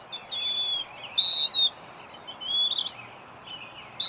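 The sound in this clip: Bird song of thin, drawn-out whistles and a louder wavering note, phrases separated by short pauses, faint hiss behind.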